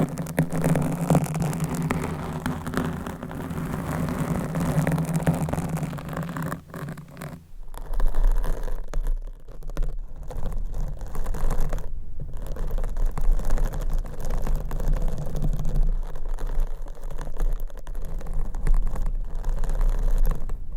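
Scratching and tapping on an item with the nails, a dense, rough rustle that runs without pause. At about seven seconds the sound shifts to a duller, lower tone with a steady hum underneath, broken by brief gaps near ten and twelve seconds.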